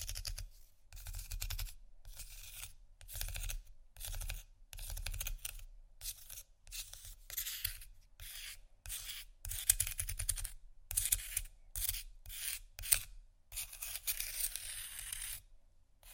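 Ice being scratched and scraped in quick, short strokes, each a bright rasping burst with a low thump beneath, separated by brief silences. The strokes come irregularly, about two per second, dry, with a longer hissing scrape near the end.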